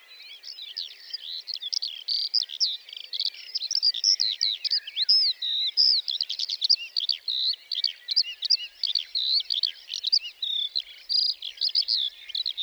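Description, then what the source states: Lark song pouring out nonstop, a busy medley of high, sharp chirps, warbles and rapid trills. Sings perched atop a bush before full daybreak, for about a quarter hour before flying off; Plateau de Lesches-en-Diois, 29 March 2020; Nagra Seven, stereo, cardioid MKH40.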